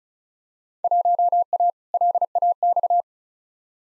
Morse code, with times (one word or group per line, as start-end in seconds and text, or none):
0.8-1.7 1A
1.9-3.0 LAX